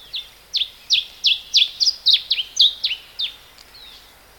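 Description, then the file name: Cape bunting calls: a rapid series of sharp, downward-slurred chipping notes, fading toward the end. "Cape Bunting (Emberiza capensis)"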